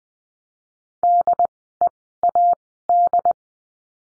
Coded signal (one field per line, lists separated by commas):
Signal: Morse code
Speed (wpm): 20 wpm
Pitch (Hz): 700 Hz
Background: none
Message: DEAD